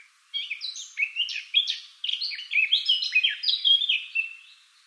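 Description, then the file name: Eurasian blackcap delivering a continuous rich warble of quick, varied fluty notes, rising and falling, tailing off softly at the end. "Sylvia atricapilla"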